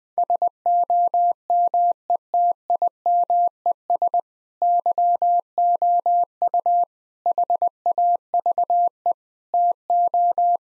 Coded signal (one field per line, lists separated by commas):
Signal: Morse code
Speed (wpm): 20 wpm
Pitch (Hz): 700 Hz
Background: none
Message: SOMETIMES YOU HAVE TO